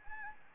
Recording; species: mosquito wingbeat signal from an infrared sensor; Anopheles gambiae